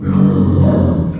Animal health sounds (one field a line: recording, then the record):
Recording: squeal of a Yucatan mini pig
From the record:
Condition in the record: after surgery on the right vocal fold (resection and tissue-engineered implant)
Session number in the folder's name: 16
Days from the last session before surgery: 183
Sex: female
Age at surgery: 19 weeks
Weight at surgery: 25 kg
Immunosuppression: prednisolone